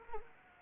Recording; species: mosquito wingbeat signal from an infrared sensor; Anopheles arabiensis